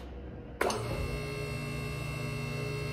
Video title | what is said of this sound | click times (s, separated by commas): MaxJax m6k installation | a click on the way up | 0.6 s